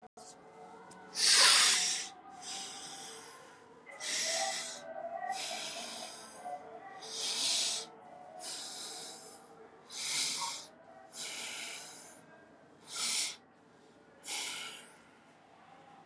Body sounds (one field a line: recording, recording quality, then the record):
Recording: deep breathing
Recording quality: excellent, no background noise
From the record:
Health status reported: exposed to COVID-19, no respiratory illness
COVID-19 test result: not tested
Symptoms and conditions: cough, sore throat, muscle pain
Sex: male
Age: 24 years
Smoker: not ticked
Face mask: not worn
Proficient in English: yes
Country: India